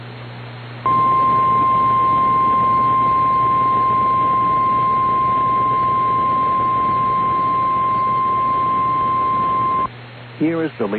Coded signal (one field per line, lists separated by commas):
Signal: Emergency Alert System (SAME) tones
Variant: 1050 Hz attention tone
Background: speech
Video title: RARE Dust Storm Warning for Kansas (9/9/25) [EAS #293]